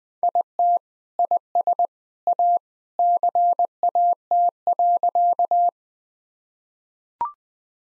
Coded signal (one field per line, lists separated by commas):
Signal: Morse code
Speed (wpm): 20 wpm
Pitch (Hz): 700 Hz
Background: none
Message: IT IS A CAT.